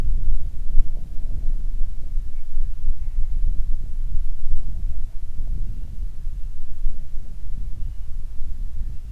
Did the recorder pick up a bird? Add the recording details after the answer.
yes. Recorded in the Prudhoe Bay oil fields, Alaska, on 25 July 2019 at 02:59. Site 11